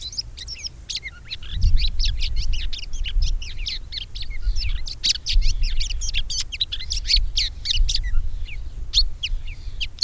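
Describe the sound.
Red-backed shrike song: a continuous scratchy chatter of quick high chirps and squeaky notes, with a low rumbling noise underneath.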